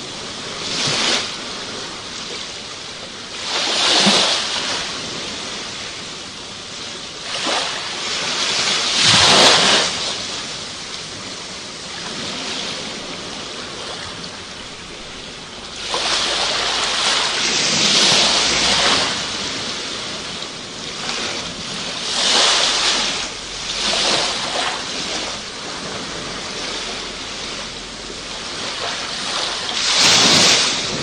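Ocean waves wash in and break in a steady rhythm, with bright hissing surges peaking around 4, 9, 16, 18, 22, 24 and 30 seconds. Between the crashes a constant frothy rush of water continues, with a faint low rumble underneath.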